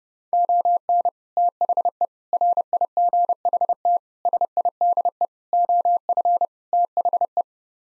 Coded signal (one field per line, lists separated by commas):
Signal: Morse code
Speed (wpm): 29 wpm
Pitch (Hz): 700 Hz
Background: none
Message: ON THE RIGHT SIDE OF THE